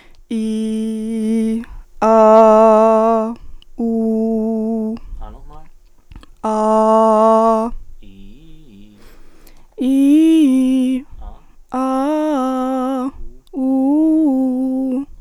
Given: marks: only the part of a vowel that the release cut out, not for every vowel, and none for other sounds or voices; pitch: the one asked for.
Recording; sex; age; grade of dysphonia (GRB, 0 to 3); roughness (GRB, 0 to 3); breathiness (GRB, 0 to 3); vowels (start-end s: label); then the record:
sustained vowels; female; 18 to 19 years; 0; 0; 0
0.36-1.51 s: vowel /i/, low pitch
3.85-4.90 s: vowel /u/, low pitch
6.53-7.62 s: vowel /a/, low pitch
9.85-10.92 s: vowel /i/, low-high-low pitch
11.80-13.01 s: vowel /a/, low-high-low pitch
13.64-14.89 s: vowel /u/, low-high-low pitch
From the record:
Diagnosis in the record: healthy voice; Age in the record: 19 years